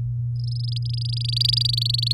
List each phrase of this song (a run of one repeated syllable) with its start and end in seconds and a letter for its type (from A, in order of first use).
0.35-2.13 A